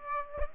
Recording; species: mosquito wingbeat signal from an infrared sensor; Aedes aegypti